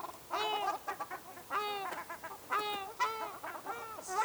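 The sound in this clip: Ruddy shelduck giving nasal, honking calls with rich harmonics, arched notes in irregular bursts.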